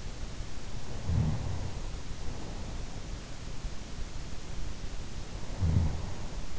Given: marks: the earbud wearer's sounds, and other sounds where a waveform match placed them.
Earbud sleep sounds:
sounds in sleep by an in-ear microphone; snoring breath
0.89-2.20 s: snoring breath
5.29-6.49 s: snoring breath

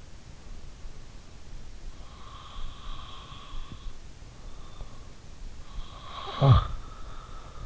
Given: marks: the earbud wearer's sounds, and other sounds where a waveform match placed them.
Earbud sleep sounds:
sounds in sleep by an in-ear microphone; breath, snoring breath
1.81-4.44 s: breath
5.64-7.36 s: snoring breath

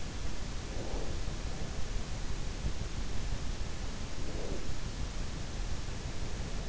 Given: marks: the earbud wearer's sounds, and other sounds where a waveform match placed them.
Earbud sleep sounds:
sounds in sleep by an in-ear microphone; breath
0.67-1.19 s: breath
4.24-4.68 s: breath

